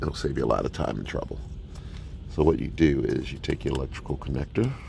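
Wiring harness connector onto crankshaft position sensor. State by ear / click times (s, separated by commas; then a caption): not seated / none. A wiring harness electrical connector is handled before being pushed back onto the new crankshaft position sensor of a 2001 Toyota Camry while someone talks. The connector has not seated or clicked yet.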